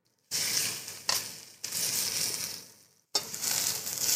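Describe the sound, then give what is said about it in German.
Vegetables sizzle loudly in a pan with a steady hiss, broken by short scraping stirs and brief pauses in the crackle; no one speaks. “Zwischendurch immer das Gemüse umrühren, nach dem Reis gucken.”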